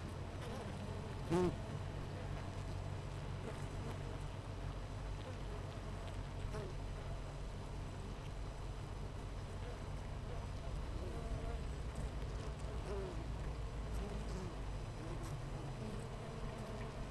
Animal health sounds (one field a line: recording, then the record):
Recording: honeybee colony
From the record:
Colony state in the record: missing queen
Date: 14 July 2017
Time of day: 8:13